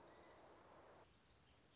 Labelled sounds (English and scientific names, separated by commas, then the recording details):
Orange-crowned Warbler (Leiothlypis celata)
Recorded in Sonoma County, California